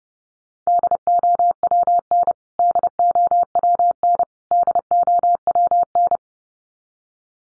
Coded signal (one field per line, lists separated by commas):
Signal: Morse code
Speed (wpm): 30 wpm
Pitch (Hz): 700 Hz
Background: none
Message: DOWN DOWN DOWN